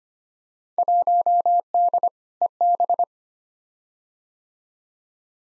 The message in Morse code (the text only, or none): 1D EB